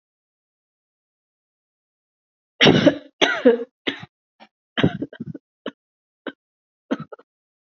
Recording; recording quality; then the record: shallow voluntary cough; excellent, no background noise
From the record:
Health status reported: healthy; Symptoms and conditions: diabetes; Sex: female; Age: 51 years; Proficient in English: yes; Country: India